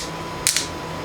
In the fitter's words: Oh, it's just snapped into place.